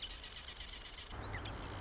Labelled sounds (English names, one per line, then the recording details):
Marsh Wren
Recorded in Sonoma County, California